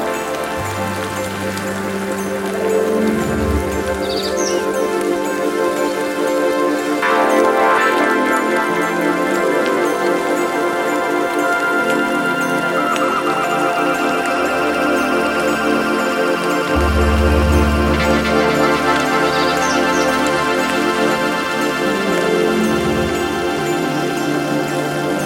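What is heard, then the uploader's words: Steady rain hisses across the whole recording, layered with droning, improvised synth tones that hold and shift in pitch. Deep low swells come in around 1, 14 and 17 seconds, and brief bright chirps flicker near 4 and 22 seconds over the dense, constant wash. Sounds of rain and birds layered with non-linear hardware synths improvisation. Belarus bird tower.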